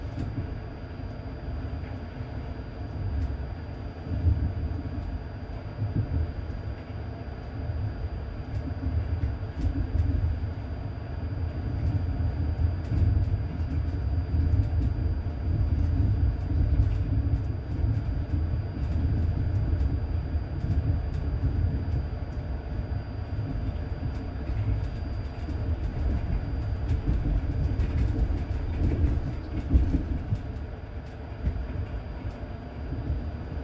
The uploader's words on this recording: Cinematic Train Journey. Powerful Locomotive Sounds.